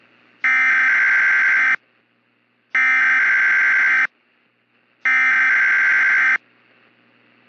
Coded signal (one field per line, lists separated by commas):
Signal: Emergency Alert System (SAME) tones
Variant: header bursts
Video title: Gulf Coast Derecho - EAS Scenario